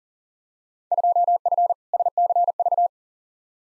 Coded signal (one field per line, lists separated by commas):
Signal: Morse code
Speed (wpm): 40 wpm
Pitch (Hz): 700 Hz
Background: none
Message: 2F SCV